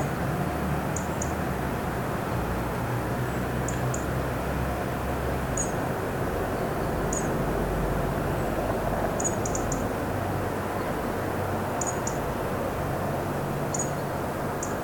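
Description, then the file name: European robin repeating high, thin call notes, often doubled or tripled, every second or two, throughout a continuous low rumble. "Erithacus rubecula"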